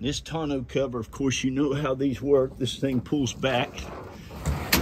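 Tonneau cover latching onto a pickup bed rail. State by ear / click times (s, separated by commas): seated / 4.7 s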